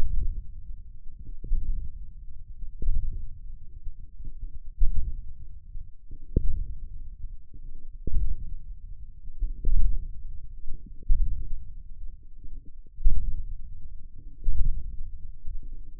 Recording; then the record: forearm muscle sounds (acoustic myography)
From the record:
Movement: ulnar deviation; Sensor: system 1, eight BSWA MPA416 microphones around the upper forearm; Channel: 8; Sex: male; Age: 28 years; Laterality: right